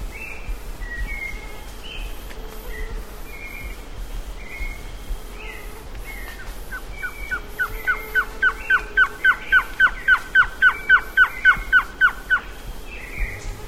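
Surucua trogon song: a rapid, steady series of down-slurred notes, about three or four per second, swelling in loudness, with other birds in the background.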